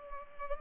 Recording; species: mosquito wingbeat signal from an infrared sensor; Culex pipiens